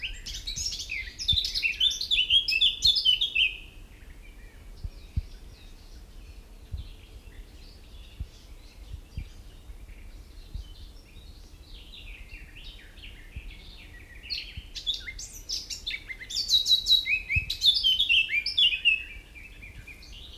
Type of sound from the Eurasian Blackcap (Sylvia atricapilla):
song